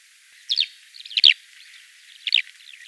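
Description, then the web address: Eurasian skylark calls, short dry chirrupy notes in three brief clusters about a second apart, with faint hiss behind. "alauda arvensis call"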